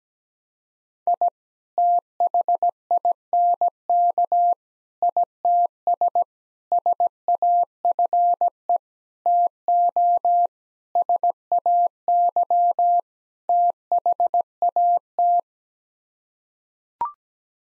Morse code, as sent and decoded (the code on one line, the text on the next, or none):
.. / - .... .. -. -.- / .. - ... / ... .- ..-. . / - --- / ... .- -.-- / - .... .- -
I THINK ITS SAFE TO SAY THAT